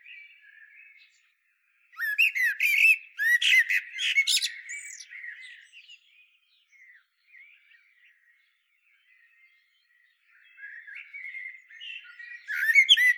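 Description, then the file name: Eurasian blackbird giving loud, harsh squawking calls in a rapid, irregular burst, then quiet scattered notes before the calls resume near the end. "Turdus merula"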